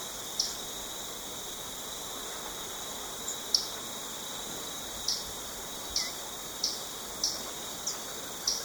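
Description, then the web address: Common tody-flycatcher uttering scattered sharp high ticks, sparse at first then under a second apart, with a continuous insect hum behind. Recorded in Ecuador. "S America Birds of Ecuador. Common Tody-Flycatcher"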